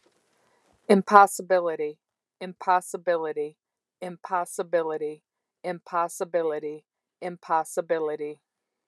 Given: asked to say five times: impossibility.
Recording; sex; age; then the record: repeated word; female; 50 to 59 years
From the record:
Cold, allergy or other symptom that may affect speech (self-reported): no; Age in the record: 53 years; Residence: Arizona, United States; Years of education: 14